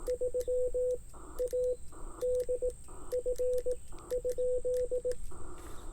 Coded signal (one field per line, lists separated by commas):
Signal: Morse code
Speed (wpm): 18 wpm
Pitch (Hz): 500 Hz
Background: radio noise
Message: 3ADF ?